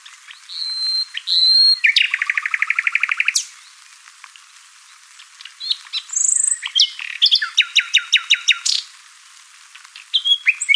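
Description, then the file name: Common nightingale song in several phrases: loud rapid repeated notes forming a fast trill, a pause, then another series of sharp repeated notes and whistles. "Luscinia megarhynchos"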